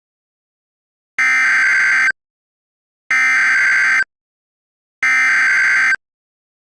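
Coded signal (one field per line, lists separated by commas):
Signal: Emergency Alert System (SAME) tones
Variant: header bursts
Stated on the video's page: Fan-made mock EAS alert.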